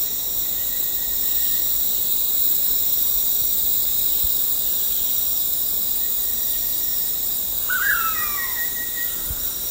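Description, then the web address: Blue-headed pitta giving a single short slurred whistle near eight seconds that drops into a falling tail, over a constant high insect drone. Recorded at Danum on 9 August 2009. "DANUM 20090809. sound blue-headed pitta"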